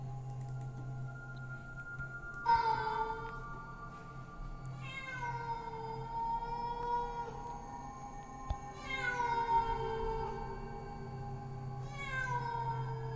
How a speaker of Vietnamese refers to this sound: Điều kỳ lạ là những con mèo rừng lại bắt đầu loanh quanh đâu đây, kêu lên những tiếng thê thiết lắm.